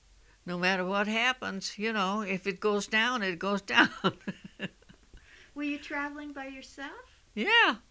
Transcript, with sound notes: No matter what happens, you know, if it goes down, it goes down. [Laughs]
Were you traveling by yourself?
Yeah.